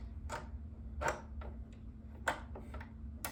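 A threaded bobbin case is pushed back into the bobbin compartment of a Singer MX60 sewing machine, with several light ticks and taps of handling around a steady low hum. A sharp click at 2.3 s marks the bobbin case seating in place.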